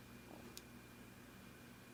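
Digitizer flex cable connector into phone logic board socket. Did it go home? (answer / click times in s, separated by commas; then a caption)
yes / 0.6 s. While reattaching the screen to a phone, the digitizer flex cable's board-to-board connector is pressed onto the logic board socket. A single sharp, short click at 0.6 s stands out against steady low background noise. The connector seats.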